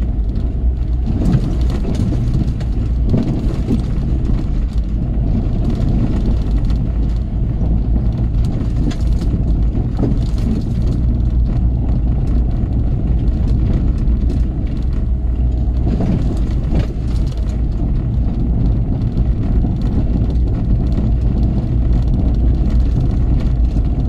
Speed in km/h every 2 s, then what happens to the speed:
24, 23, 21, 21, 23, 24, 26, 26, 23, 23, 26, 26.
0-24 steady at about 23.